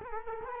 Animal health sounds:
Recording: mosquito wingbeat signal from an infrared sensor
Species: Culex quinquefasciatus

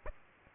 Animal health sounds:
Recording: mosquito wingbeat signal from an infrared sensor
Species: Aedes aegypti

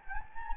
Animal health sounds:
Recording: mosquito wingbeat signal from an infrared sensor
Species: Anopheles gambiae

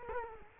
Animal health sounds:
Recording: mosquito wingbeat signal from an infrared sensor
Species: Culex quinquefasciatus

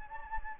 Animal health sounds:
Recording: mosquito wingbeat signal from an infrared sensor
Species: Anopheles gambiae

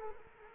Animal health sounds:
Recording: mosquito wingbeat signal from an infrared sensor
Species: Culex quinquefasciatus

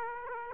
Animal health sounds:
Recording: mosquito wingbeat signal from an infrared sensor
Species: Aedes aegypti

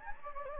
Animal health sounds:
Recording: mosquito wingbeat signal from an infrared sensor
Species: Anopheles gambiae

